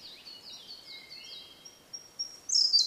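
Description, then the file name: Blue-and-white flycatcher song: a series of clear high whistles, some sliding down, ending in a louder burst of notes. "oruri"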